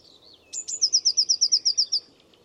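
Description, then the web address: Bird song: a quick high introductory note, then a fast run of about ten bright, slightly falling high notes, with a constant low background hum. "Bird Only"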